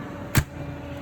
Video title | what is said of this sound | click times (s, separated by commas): Turbo chef basics | you can hear that click. You want to make sure you close the door enough to click. | 0.4 s